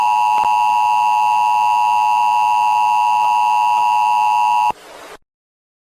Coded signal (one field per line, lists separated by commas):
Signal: Emergency Alert System (SAME) tones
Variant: 853 and 960 Hz attention tone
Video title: Bird Television EAS SOUNDS history (1991-2024)